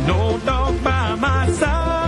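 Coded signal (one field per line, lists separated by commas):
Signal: none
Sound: music sounds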